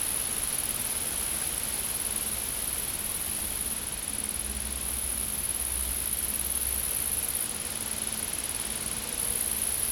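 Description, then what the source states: Insects keep up an unbroken high, thin trill throughout, steady in level, over a faint low hum. Recorded in a field.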